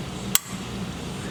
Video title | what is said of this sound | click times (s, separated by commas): Installing a Spartan Locker in Ford 8.8 in a Jeep TJ | you hear it click so that one just seated into this other side here | 0.4 s